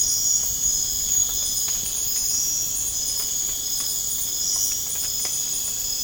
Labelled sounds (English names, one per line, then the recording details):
none
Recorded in pastures near Puerto Asís, Putumayo, Colombia, on 25 June 2025 at 01:30
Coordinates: 0.496, -76.326
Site GP01